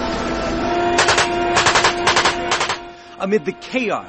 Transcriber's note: gunfire